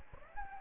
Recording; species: mosquito wingbeat signal from an infrared sensor; Anopheles gambiae